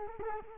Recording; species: mosquito wingbeat signal from an infrared sensor; Culex quinquefasciatus